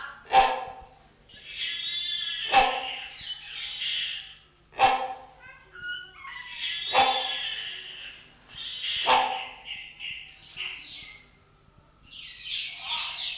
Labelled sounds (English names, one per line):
Common Hill Myna